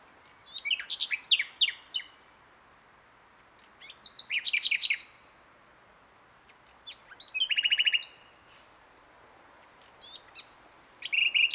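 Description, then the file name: Common nightingale song in four separate phrases every few seconds, mixing rapid clicking trills, sharp chirps and a fast metallic rattle, with quiet pauses between. "Luscinia megarhynchos"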